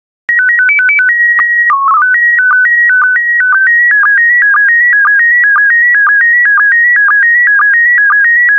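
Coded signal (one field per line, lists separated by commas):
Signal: SSTV (slow-scan television)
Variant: PD 120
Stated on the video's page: SSTV images in PD120 mode.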